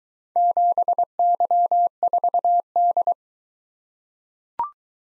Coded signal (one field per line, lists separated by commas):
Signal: Morse code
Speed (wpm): 21 wpm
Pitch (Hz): 700 Hz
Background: none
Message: 7Y4D